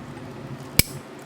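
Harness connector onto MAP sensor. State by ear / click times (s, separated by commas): seated / 0.8 s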